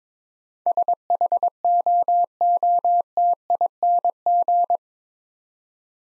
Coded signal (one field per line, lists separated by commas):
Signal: Morse code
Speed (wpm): 22 wpm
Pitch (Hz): 700 Hz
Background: none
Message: SHOOTING